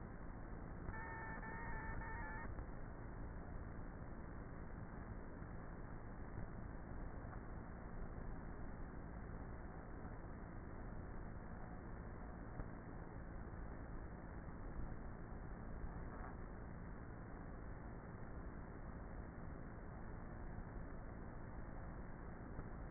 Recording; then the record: honeybee colony, microphone inside the hive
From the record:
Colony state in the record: queenless with a low population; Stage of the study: before two queens were removed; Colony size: about 30,000 bees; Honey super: no